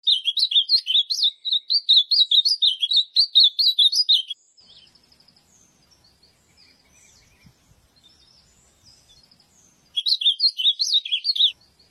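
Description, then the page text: Ultramarine grosbeak delivering a fast warbled phrase of high notes for about four seconds, a long quiet pause with faint ticks, then a second similar burst. "AZULÃO (Cyanoloxia Brissonii)"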